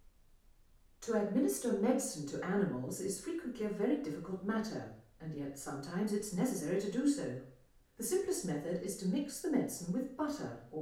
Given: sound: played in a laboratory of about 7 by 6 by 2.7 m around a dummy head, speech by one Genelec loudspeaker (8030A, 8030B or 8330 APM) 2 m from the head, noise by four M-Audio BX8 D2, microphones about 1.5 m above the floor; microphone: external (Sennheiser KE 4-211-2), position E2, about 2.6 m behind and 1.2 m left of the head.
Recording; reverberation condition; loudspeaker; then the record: female speech in English; medium; 30 degrees to the left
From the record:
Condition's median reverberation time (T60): about 510 ms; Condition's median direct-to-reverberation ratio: about -0.5 dB